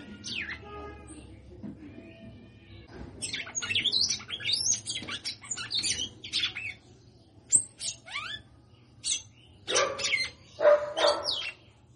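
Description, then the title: Red-cowled cardinal song, dense runs of sharp chirps and whistles in repeated bursts over low background hum. Female singing a lot. "Canto Galo Campina Fêmea. Fêmea de Galo de campina cantando muito"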